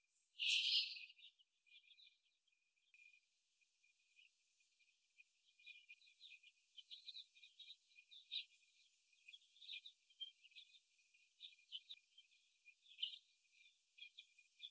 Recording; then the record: young laying hens in a cage, short pieces joined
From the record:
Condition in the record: after the stressor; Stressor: simulated dog barking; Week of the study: 1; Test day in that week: 2